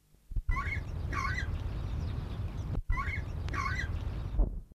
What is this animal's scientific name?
Fulica gigantea